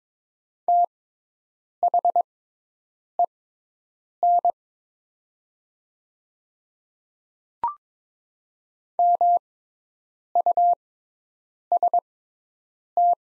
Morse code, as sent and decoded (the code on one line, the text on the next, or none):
- .... . -. / -- ..- ... -
THEN MUST